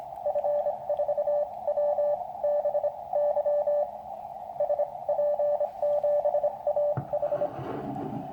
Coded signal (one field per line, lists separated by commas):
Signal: Morse code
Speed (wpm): 26 wpm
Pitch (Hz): 590 Hz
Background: radio noise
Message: F4WBY SP7AH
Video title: New QCX Morse Code Radio Transceiver on 30m.